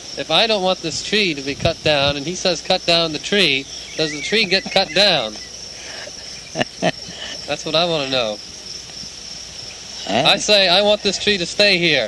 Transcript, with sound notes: If I don't want this tree to be cut down and he says, "Cut down the tree," does the tree get cut down? [Prabhupāda laughs] That's what I want to know. I say, "I want this tree to stay here."